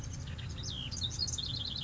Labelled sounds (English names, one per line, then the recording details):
House Wren
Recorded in Sonoma County, California